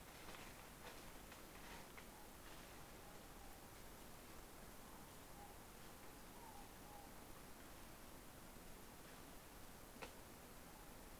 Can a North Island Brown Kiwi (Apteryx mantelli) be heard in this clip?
no